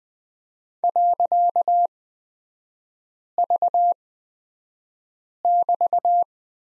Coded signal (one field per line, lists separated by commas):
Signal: Morse code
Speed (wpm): 20 wpm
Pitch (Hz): 700 Hz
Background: none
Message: .V<BT>